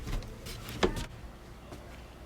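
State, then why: Seated. A plastic wall panel for a Suncast Craftsman Horizontal Shed (34 cu) is pressed down from the top into its slot in the base/frame. After some soft rustling and scraping, a sharp pop at 0.8 s marks the panel snapping into place, and it is seated.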